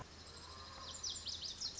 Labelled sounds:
Lazuli Bunting
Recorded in Sonoma County, California

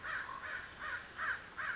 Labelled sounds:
American Crow
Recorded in Sonoma County, California

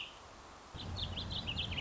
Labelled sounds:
Warbling Vireo
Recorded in Sonoma County, California

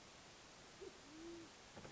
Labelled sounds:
Band-tailed Pigeon
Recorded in Sonoma County, California

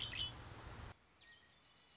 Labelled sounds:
Red-winged Blackbird
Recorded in Sonoma County, California

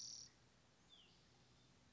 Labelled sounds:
Hutton's Vireo
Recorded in Sonoma County, California

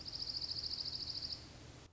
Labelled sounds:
Dark-eyed Junco
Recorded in Sonoma County, California

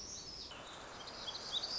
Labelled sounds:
Black-throated Gray Warbler
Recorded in Sonoma County, California

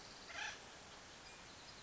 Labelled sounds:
Acorn Woodpecker
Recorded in Sonoma County, California

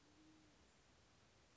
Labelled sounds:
Band-tailed Pigeon
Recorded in Sonoma County, California

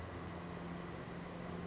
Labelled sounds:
Western Flycatcher
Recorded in Sonoma County, California

